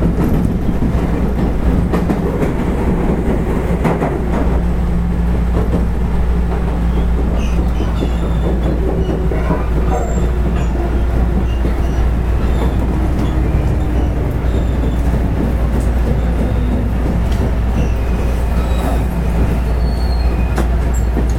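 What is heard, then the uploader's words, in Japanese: Running sound of a 221 series electric train, a steady, dense rumble with a strong low hum throughout. Faint motor whine tones glide and shift in pitch, and brief clicks and knocks from the rails come through irregularly over the whole stretch. JR西日本の221系電車の走行音です。環状線外回り 大阪から天王寺までです。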